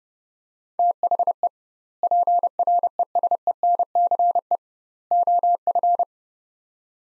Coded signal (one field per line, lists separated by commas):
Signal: Morse code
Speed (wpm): 32 wpm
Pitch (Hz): 700 Hz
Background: none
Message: THE PRESENCE OF